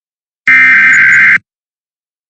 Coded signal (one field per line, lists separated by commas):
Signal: Emergency Alert System (SAME) tones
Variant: header bursts